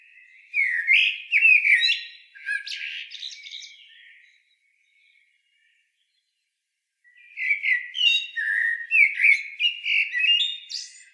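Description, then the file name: Eurasian blackbird singing two long phrases of fluty warbles laced with high scratchy twittering, separated by roughly three seconds of quiet. "Turdus merula"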